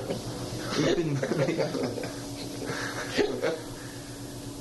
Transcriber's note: laughter